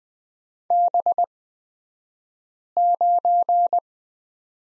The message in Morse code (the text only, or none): B9